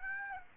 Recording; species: mosquito wingbeat signal from an infrared sensor; Aedes aegypti